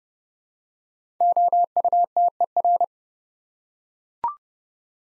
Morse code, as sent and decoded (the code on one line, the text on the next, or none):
--- ..- - . .-.
OUTER